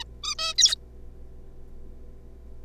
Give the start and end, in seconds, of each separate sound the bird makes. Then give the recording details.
0.01-0.04, 0.23-0.35, 0.38-0.54, 0.58-0.76. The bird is a juvenile. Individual R3549